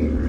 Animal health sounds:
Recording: pig call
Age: growing-finishing pig (85 days or more)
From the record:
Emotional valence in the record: negative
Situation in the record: barren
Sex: female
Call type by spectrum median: low-frequency call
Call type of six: low-frequency stable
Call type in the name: low-frequency stable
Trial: 3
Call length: 0.29 s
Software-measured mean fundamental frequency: 64 Hz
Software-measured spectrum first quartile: 73 Hz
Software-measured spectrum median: 180 Hz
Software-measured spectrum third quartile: 306 Hz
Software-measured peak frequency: 67 Hz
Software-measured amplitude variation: 127 dB a second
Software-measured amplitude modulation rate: 22.1 a second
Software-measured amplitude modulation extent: 5.8 dB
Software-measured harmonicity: -2.8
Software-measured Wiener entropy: -1.13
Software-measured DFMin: 876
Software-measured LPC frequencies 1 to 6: 333, 1539, 2272, 4745, 5384, 6769 Hz

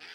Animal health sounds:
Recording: pig call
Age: piglet (1 to 25 days)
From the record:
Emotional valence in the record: positive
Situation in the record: short reunion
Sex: male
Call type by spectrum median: high-frequency call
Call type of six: low-frequency tonal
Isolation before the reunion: 3 minutes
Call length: 0.15 s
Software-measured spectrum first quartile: 1886 Hz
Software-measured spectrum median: 2725 Hz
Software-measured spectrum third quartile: 4070 Hz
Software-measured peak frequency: 2510 Hz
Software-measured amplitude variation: 70 dB a second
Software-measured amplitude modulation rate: 9.7 a second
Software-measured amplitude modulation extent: 7.2 dB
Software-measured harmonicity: -0.2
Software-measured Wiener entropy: -0.86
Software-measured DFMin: 692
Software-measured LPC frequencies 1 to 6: 1695, 2408, 3337, 4884, 7821, 8997 Hz

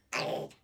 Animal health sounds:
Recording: pig call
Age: piglet (1 to 25 days)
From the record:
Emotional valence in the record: negative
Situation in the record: restrain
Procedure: back test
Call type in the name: low-frequency call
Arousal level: medium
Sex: female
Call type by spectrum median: low-frequency call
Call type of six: low-frequency modulated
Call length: 0.63 s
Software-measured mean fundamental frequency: 57 Hz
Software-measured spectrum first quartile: 587 Hz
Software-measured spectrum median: 1292 Hz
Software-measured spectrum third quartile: 3111 Hz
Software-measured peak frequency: 595 Hz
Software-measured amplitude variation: 180 dB a second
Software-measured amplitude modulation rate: 23.6 a second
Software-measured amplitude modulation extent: 7.6 dB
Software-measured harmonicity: 1.2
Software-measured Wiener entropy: -1.88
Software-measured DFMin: 1369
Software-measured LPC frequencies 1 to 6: 642, 2579, 4601, 6490, 7444, 10291 Hz

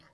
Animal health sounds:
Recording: pig call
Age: piglet (1 to 25 days)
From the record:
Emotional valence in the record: positive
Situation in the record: short reunion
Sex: female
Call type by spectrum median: low-frequency call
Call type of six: low-frequency tonal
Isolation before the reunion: 3 minutes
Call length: 0.14 s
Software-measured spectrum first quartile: 513 Hz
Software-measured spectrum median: 1373 Hz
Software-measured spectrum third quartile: 2864 Hz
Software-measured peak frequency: 149 Hz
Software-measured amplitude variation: 68 dB a second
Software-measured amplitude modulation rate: 17.7 a second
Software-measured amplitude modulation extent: 3.8 dB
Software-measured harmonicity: 0.0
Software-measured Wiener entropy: -1.19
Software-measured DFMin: 364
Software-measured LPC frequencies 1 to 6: 1129, 1891, 3157, 4336, 5203, 6803 Hz

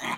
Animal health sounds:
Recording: pig call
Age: piglet (1 to 25 days)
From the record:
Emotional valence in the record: negative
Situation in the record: castration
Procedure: castration, fixation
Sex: male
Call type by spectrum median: low-frequency call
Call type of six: low-frequency tonal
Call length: 0.17 s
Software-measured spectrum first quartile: 828 Hz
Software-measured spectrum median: 1528 Hz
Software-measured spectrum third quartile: 2555 Hz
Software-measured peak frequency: 1020 Hz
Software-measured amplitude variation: 119 dB a second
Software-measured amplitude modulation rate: 20.3 a second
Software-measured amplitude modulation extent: 5.9 dB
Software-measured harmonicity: -0.4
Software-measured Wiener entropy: -0.84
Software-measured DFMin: 980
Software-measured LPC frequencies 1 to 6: 992, 2076, 3264, 3904, 6488, 7523 Hz

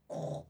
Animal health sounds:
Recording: pig call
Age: piglet (1 to 25 days)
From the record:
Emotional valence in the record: negative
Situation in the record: restrain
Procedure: back test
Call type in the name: low-frequency call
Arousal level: low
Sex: female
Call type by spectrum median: low-frequency call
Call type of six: low-frequency stable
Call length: 0.51 s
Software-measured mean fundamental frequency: 80 Hz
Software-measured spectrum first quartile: 181 Hz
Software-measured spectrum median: 452 Hz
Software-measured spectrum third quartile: 655 Hz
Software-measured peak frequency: 585 Hz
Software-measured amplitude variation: 210 dB a second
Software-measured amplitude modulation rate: 21.8 a second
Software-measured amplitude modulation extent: 9.7 dB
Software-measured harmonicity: 1.6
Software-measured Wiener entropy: -0.11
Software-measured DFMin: 1324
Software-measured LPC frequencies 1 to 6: 627, 3805, 5687, 6660, 7664, 8504 Hz

